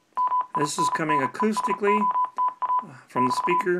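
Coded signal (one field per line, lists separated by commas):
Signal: Morse code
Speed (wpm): 33 wpm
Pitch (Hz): 1000 Hz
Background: speech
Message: MINNESOTA <BT>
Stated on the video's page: CW copied acoustically from a speaker by an Arduino tone decoder via a microphone amplifier.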